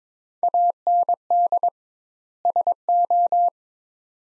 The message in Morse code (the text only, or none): AND SO